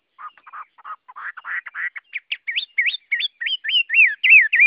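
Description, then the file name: Chinese hwamei song building from low buzzy notes into loud, looping rising-and-falling whistles repeated rapidly and growing stronger. Chinese hwamei singing in the wild forest-voice song style (giọng rừng). "Tieng hoa mi hot giong rung"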